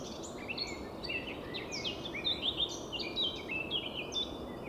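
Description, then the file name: Eurasian blackcap giving a lively, continuous warble of short swooping and chirped notes above an even background hiss. "Sylvia atricapilla"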